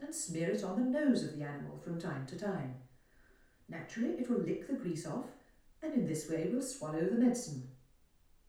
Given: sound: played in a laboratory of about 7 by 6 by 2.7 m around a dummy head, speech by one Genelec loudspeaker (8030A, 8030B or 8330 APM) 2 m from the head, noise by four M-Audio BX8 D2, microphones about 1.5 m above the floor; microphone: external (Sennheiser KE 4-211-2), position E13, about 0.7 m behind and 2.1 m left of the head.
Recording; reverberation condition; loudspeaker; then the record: female speech in English; medium; in front (0 degrees)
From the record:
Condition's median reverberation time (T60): about 510 ms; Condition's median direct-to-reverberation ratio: about -0.5 dB